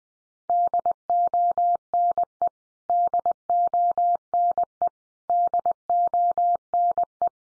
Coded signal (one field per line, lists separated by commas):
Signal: Morse code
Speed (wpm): 20 wpm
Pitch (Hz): 700 Hz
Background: none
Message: DONE DONE DONE